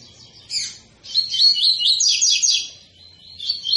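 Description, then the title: Double-collared seedeater: a short sharp note, then a continuous tumbling stream of high, slurred, twittering syllables that fades and briefly returns. Tui-tui song type from a 'fibra' bird; teacher song (canto professor) used for teaching young birds. "COLEIRO TUI TUI FIBRA CANTO PROFESSOR"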